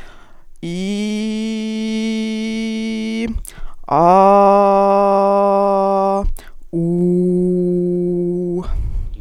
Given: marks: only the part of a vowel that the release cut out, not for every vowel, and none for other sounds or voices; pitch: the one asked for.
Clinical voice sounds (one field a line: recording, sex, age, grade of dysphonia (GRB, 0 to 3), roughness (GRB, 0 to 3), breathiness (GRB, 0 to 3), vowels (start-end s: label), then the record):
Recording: sustained vowels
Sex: female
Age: 20 to 29 years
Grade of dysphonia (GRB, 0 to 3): 0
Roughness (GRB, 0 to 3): 0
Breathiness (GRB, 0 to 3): 0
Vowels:
0.87-3.11 s: vowel /i/, low pitch
4.32-6.08 s: vowel /a/, low pitch
6.97-8.47 s: vowel /u/, low pitch
From the record:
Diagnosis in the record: healthy voice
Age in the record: 23 years